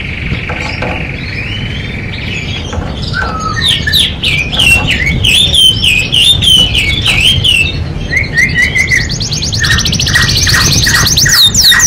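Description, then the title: Canary song: a steady whistled trill, then fast warbling phrases and buzzy rattling notes, ending in a rapid high trill. Singing canary described as "gacor" (singing freely and nonstop), presented as a first-place competition champion. "Suara Kenari Gacor Suara Kicau Burung Kenari Gacor Juara 1"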